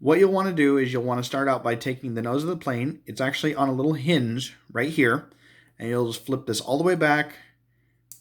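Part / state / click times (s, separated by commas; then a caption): hinged plastic nose piece of a transforming toy plane snapping onto the figure's back / seated / 8.1 s. Someone talks while flipping the hinged plastic nose of Runway, a 2002-2003 Transformers Armada Air Defense Team Minicon toy plane, all the way back onto the figure's back. A single sharp click is heard at 8.1 s as the nose piece snaps into place, seated.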